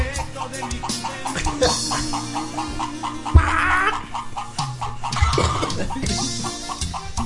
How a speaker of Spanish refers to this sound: Y no es el verdolaga, es una gallina.